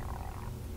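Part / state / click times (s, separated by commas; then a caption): folding clasp blade latching into the clasp cover of a steel watch bracelet / not seated / none. A concealed folding crown clasp on the stainless steel Jubilee bracelet of a 36mm Rolex Datejust 116200 with white index dial and domed bezel is being closed by hand, the clasp blade moving toward its cover. Only a low, steady rumble with a few faint ticks of handling is heard, and nothing has seated or clicked yet.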